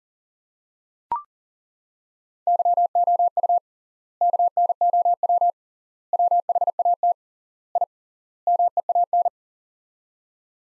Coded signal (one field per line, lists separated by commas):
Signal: Morse code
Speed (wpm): 37 wpm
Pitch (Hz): 700 Hz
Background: none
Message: YOU KNOW WHAT I MEAN